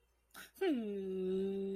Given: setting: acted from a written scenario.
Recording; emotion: vocal sound without words; sadness